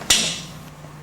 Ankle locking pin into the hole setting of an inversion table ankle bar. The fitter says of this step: Hear the locking pin click into place.